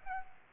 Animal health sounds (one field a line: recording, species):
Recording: mosquito wingbeat signal from an infrared sensor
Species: Aedes aegypti